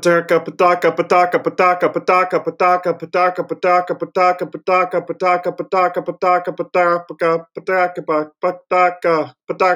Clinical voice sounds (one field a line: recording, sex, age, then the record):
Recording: repeated syllables /pa ta ka/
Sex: male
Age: 30 to 39 years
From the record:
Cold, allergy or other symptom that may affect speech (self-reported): no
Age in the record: 31 years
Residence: Minnesota, United States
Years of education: 16